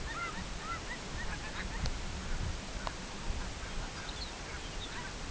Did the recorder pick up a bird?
yes